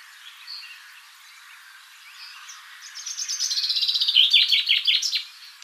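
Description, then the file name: Common chaffinch song: a quick run of bright notes that slows and drops in pitch, ending in a short flourish, after quiet faint chirps. "Fringilla coelebs"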